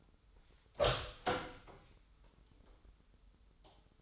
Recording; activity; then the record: daily activity, microphone in the room; open door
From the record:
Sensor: 3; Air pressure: 996.2 hPa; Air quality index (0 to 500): 40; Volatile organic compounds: 1 ppm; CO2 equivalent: 728 ppm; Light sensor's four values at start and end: 14/33/14/14 and 14/34/14/15